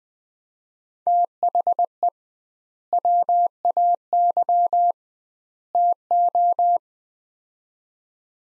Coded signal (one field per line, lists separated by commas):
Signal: Morse code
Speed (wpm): 21 wpm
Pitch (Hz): 700 Hz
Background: none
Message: THE WAY TO